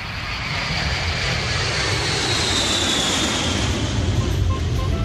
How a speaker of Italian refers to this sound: L'aereo decolla e le orecchie si tappano.